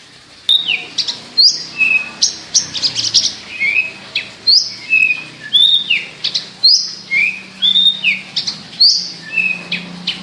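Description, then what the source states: Javan bush lark song, varied whistled slurs and chirps delivered in irregular bursts. Local name branjangan; described as gacor, singing actively; labelled Petir.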